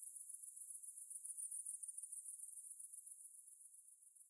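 Cicada, a high buzz with rapid rhythmic pulses, swelling mid-way then fading slightly toward the end.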